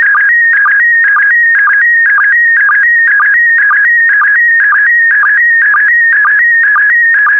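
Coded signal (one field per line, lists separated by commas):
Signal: SSTV (slow-scan television)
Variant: PD120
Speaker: Five, four, three, two, one. Thank you. Transmission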